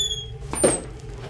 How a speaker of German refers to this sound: Okay, sie lässt sich öffnen. Die Falltür lässt sich öffnen.